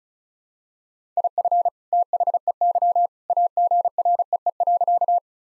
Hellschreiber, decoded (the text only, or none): none